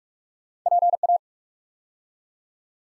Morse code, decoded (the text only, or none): PA